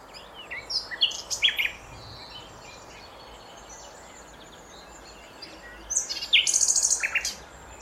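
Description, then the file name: Common nightingale song: scattered high chirps and whistles early on, then a loud burst of rapidly repeated buzzy notes near the end over steady background hiss. "Luscinia megarhynchos"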